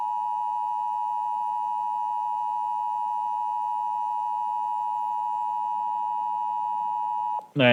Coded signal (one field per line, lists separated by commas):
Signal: Emergency Alert System (SAME) tones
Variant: 853 and 960 Hz attention tone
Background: speech